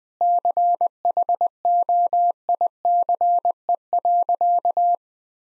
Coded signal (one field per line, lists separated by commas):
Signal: Morse code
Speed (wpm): 20 wpm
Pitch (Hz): 700 Hz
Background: none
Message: CHOICE.